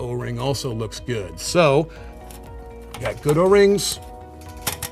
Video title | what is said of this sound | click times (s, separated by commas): How to Replace an Inline Fuel Filter - Know Your Parts | you hear it click | 4.7 s, 4.8 s